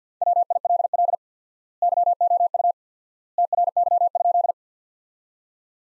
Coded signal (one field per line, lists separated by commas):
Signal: Morse code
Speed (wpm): 50 wpm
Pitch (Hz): 700 Hz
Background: none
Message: WILL YOU TRY?